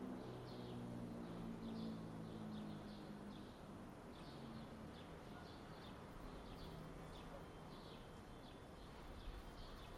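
Small birds give short, thin chirps in loose repeated series over a steady low rumble and hiss.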